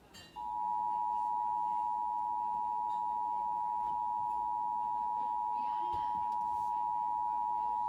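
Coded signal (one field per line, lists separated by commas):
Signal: Emergency Alert System (SAME) tones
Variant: 853 and 960 Hz attention tone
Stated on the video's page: Valid SAME tones.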